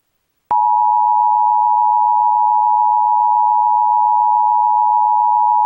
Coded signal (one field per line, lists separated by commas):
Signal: Emergency Alert System (SAME) tones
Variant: 853 and 960 Hz attention tone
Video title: EAS Possible Reenactment Mock: TX RMT but it is on different screens